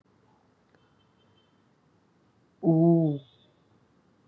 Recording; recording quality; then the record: sustained vowel as in boot; excellent, no background noise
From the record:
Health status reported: recovered from COVID-19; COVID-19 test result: positive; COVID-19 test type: RT-PCR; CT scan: not taken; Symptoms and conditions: none ticked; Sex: male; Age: 29 years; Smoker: yes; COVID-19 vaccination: both doses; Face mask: not worn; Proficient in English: yes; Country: India